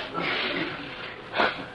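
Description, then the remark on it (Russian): A voice imitates a pig's grunt, giving a breathy, noisy snort that swells and fades, then a second sharper, louder burst near the end. “А потом смотришь, а это свинья.”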